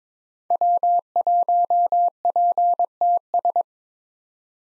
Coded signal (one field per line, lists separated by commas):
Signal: Morse code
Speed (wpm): 22 wpm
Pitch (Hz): 700 Hz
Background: none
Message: W1PTS